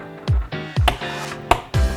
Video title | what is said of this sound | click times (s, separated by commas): 컴퓨터 조립순서는 이렇게! (Feat. AMD 라이젠 롤전용PC) | 두 번 소리가 들리면서 장착이 되었고요. | 0.9 s, 1.5 s